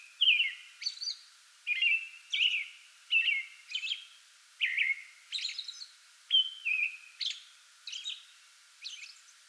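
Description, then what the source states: American robin song: clear caroled phrases of whistled slurs, some followed by a high squeaky note, repeated with short pauses, no other sounds. Pre-dawn song bout recorded 8 May 2022.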